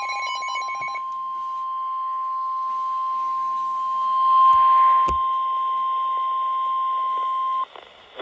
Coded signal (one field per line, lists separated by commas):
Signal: Emergency Alert System (SAME) tones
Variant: 1050 Hz attention tone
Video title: Flash Flood Warning EAS#33